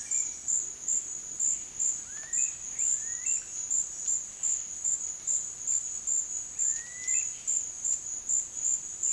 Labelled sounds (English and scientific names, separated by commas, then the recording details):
Smooth-billed Ani (Crotophaga ani)
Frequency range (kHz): Smooth-billed Ani (Crotophaga ani) 0.8-3.6 kHz
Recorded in pastures near Puerto Asís, Putumayo, Colombia, on 29 June 2025 at 12:30
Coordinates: 0.502, -76.324
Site G010